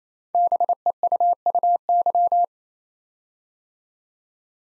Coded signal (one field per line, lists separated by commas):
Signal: Morse code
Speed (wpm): 27 wpm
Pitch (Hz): 700 Hz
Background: none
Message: BEUUY